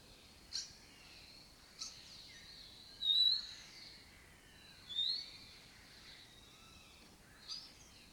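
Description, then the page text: Lesser kestrel calls: a few separate high, thin notes spaced a second or two apart, two of them longer, louder and slightly rising, over a quiet background. Breeding colony in an abandoned building complex in Doñana; migratory raptor that forages in West Africa and breeds in southern Europe. "Lesser Kestrels Took Over an Abandoned Building. A migratory raptor wich spends its foraging time in West Africa and breeds in southern Europe. Here in Doñana"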